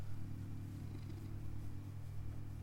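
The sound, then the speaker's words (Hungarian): A cat purrs steadily in a low, continuous rumble with soft rhythmic pulsing, accompanied by faint rustling of fur being stroked; no voices. “Hogy lehet ennyire cuki egy macska?”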